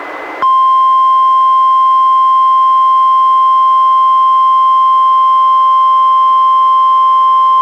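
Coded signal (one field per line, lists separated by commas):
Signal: Emergency Alert System (SAME) tones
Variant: 1050 Hz attention tone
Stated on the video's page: NWR Required Weekly Test relayed by an Astoria weather radio station, recorded from a Reecom R-1630 weather radio via Zoom H1 recorder.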